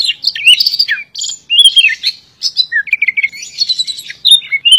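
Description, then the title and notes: Magpie-robin singing a varied run of whistled glides, trilled notes and scratchy chatter, broken by short pauses between phrases. "suara kacer. kumpulan suara burung kacer"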